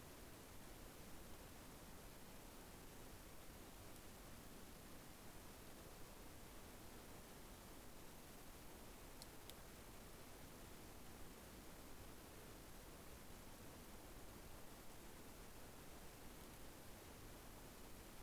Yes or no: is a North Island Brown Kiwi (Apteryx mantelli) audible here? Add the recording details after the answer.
no. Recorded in New Zealand on 12 February 2013. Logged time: 22:59. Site DH65